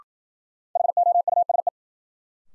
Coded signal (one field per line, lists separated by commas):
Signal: Morse code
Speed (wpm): 53 wpm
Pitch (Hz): 700 Hz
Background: none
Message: HOUSE